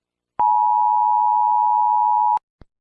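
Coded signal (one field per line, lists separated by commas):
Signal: Emergency Alert System (SAME) tones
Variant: 853 and 960 Hz attention tone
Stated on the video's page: Fictional scenario alert, not a real broadcast.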